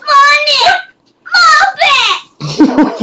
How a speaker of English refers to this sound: See what you've started? I've got a parrot here.